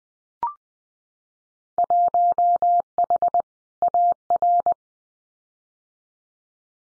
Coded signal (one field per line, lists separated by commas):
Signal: Morse code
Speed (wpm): 20 wpm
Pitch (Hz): 700 Hz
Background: none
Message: 1H AR